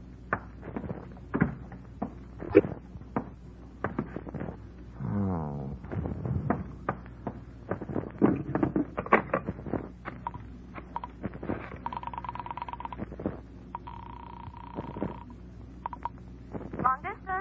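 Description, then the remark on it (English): A penthouse apartment door on the Sunset Strip creaks open with a slow, wavering groan amid scattered clicks and knocks, later followed by steady, mid-pitched telephone tones as a person-to-person call to Hartford, Connecticut is placed. “I found the apartment door open. First I looked in, then I went in.”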